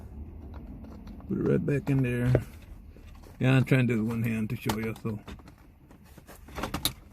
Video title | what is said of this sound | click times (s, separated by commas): How to remove your car radio and install a aftermarket radio on a 1999 Toyota Avalon XLS | there you heard it pop it's in | 6.8 s